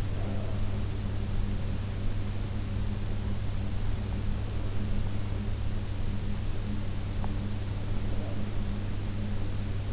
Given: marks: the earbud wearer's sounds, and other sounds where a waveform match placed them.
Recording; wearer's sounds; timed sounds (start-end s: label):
sounds in sleep by an in-ear microphone; breath
0.00-0.93 s: breath
7.88-8.63 s: breath